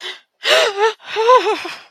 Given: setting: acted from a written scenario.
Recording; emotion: vocal sound without words; fear